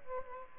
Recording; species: mosquito wingbeat signal from an infrared sensor; Aedes albopictus